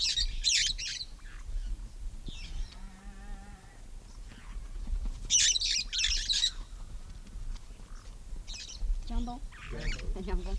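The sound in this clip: Red-fronted parrot harsh squawks in bursts, with fainter tonal notes in the gaps.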